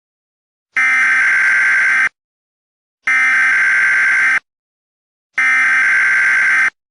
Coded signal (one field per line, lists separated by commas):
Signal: Emergency Alert System (SAME) tones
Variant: header bursts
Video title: Doom EAS alert